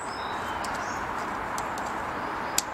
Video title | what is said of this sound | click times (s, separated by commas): Repairing a stuck switch on your Servis/Bendix/Eudora washing machine | and push leave it nice click then you want to the next one and so forth | 2.6 s